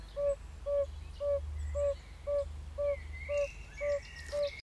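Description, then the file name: Yellow-bellied toad's gentle, muffled single notes repeated at a regular pace near twice per second, a bird whistling faintly behind and low rumbling noise throughout. "Gelbbauchunke"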